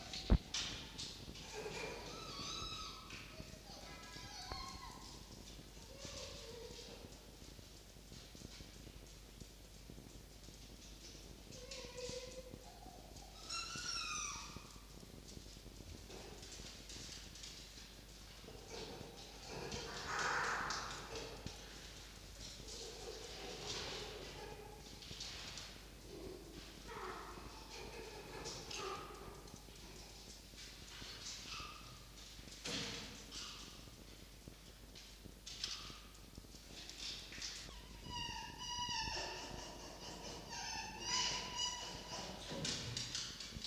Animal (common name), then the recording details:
Red Fox. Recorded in captivity. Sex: female. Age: adult. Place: Zoologisches Institut der HUB, Berlin, DE. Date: 1952-04-07 18:30. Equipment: Elmetra. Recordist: Tembrock, Günter. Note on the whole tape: Gegenüberstellung mit einem ausgestopften Fuchs. Fiffi: "Winseln", geschlossenes und offenes Bellen, geschlossenes und offenes Knurren, Angriffs-Bellen